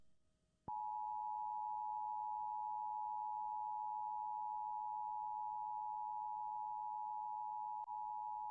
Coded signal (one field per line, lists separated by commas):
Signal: Emergency Alert System (SAME) tones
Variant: 853 and 960 Hz attention tone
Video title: 2/17/21 Required Monthly Test On WTIC AM [EAS #393]